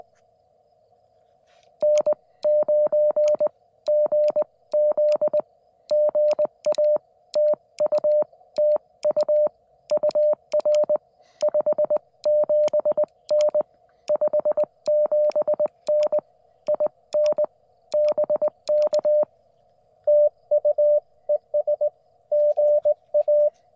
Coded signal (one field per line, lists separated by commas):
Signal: Morse code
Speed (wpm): 20 wpm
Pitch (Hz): 600 Hz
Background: none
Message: N9GZ GA TU TU UR 57N 57N IN BK TU ES GA